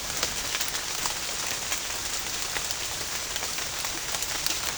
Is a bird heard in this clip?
no